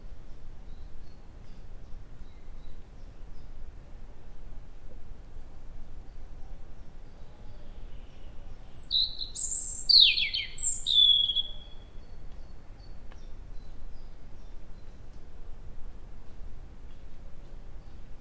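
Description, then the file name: European robin song: a single short phrase of high, thin notes sliding up and down with a brief trill, surrounded by quiet. "Erithacus rubecula"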